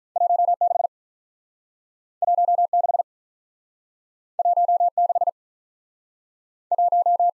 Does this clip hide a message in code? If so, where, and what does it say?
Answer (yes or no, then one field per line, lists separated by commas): yes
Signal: Morse code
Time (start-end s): 0.2-7.3 s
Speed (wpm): 47 wpm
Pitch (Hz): 700 Hz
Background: none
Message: 1 6 1 6 1 6 1